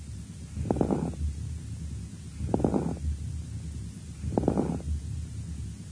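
Three soft, faint breaths at about 33 a minute over the left axillary region of an adult chest, each opening with a brief cluster of fine crackles. This is weakened vesicular breathing with residual crepitation, typical of the resolution stage of lobar pneumonia of the left lower lobe, on day 4 of antibiotic therapy. A low steady rumble runs underneath.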